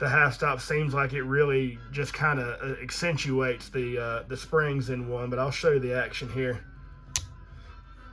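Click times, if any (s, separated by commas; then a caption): 7.2 s. Someone talks for most of the clip, then after a short quiet stretch the blade of a Case slip-joint folding pocket knife is opened against its strong backspring. It snaps into the half-stop detent with a single sharp click at 7.2 s, a good positive click showing the blade has seated in the half stop.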